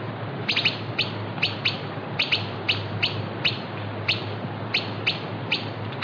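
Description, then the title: Southern chestnut-tailed antbird giving sharp, high chip notes, singly or in quick pairs, repeated irregularly over a steady hiss and low hum. Nominate subspecies hemimelaena. "LuckyPassaro Completos2Sama. Southern Chestnut-tailed Antbird (Myrmeciza hemimelaena hemimelaena)"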